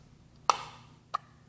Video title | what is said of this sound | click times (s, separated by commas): Wood box mod update | so now it just snaps in place | 0.5 s